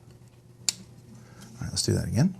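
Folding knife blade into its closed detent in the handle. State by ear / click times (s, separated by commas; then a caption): seated / 0.7 s. The D2 steel blade of a Kansept Kryo folding knife snaps closed into the detent in its handle, recorded with the mic close, giving one sharp click at 0.7 s. The blade is seated in the closed detent, and then someone talks.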